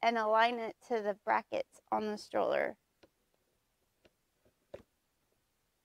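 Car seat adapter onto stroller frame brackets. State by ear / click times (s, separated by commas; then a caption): not seated / none. Someone talks while lining up a plastic universal car seat adapter with the brackets on a stroller frame, before pushing it in. After the talking, only faint handling ticks are heard around 3.0, 4.1 and 4.8 seconds. The adapter has not seated or clicked yet.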